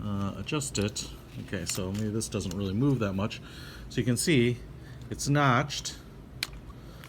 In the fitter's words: it goes in there and then locks in place